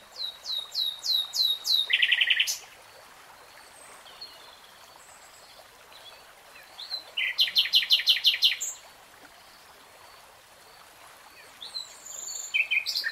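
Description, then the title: Nightingale song: high piping notes leading into a buzzy burst, a long pause, then a fast rattling trill and a later phrase of clipped notes. "[Tiếng chim hót] Nightingale Singing"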